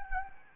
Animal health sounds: mosquito wingbeat signal from an infrared sensor; Anopheles gambiae

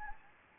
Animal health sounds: mosquito wingbeat signal from an infrared sensor; Anopheles gambiae

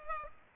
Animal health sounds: mosquito wingbeat signal from an infrared sensor; Culex pipiens

